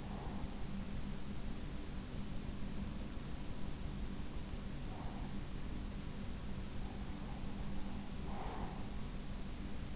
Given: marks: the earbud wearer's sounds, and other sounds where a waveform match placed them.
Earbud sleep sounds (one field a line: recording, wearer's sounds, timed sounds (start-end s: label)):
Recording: sounds in sleep by an in-ear microphone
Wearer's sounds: breath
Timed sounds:
0.00-0.71 s: breath
8.06-9.06 s: breath